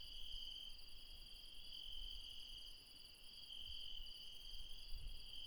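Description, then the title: Insects trilling continuously in a dense chorus, a high even band with softer upper tones, over low rumble and a few faint thuds. Insects late at night in the mountains at Refuge Krevatia, Barbala, near Dion, Greece. "Refuge Krevatia, Μπαρμπαλά, Dion 601 00, Greece - Late night mountain insects"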